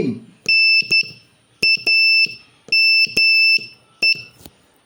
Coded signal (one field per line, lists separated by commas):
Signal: Morse code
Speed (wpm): 11 wpm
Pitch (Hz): 2650 Hz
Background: none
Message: NAME